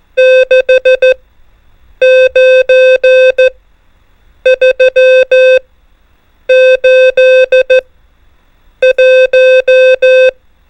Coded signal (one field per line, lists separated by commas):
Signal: Morse code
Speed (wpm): 14 wpm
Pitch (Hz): 520 Hz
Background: music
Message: 6 9 3 8 1